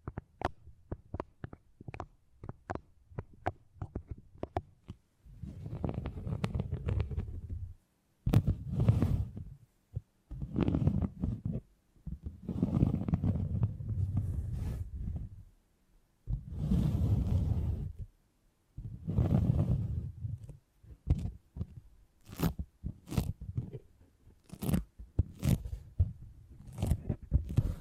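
Beeswax is handled for tingly sounds: sharp, quick taps and clicks fill the first five seconds, then give way to low, muffled squishing bursts, each lasting a second or few, separated by short silences. Near the end, crisp scattered taps return.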